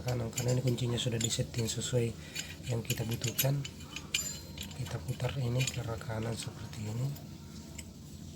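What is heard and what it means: A key is being turned to the right in a homemade padlock made from scrap metal, its bolt mechanism handled while someone talks throughout. Light metallic jangling and a few brief clinks are heard, the sharpest near 4.2 s. Nothing has locked or clicked home yet.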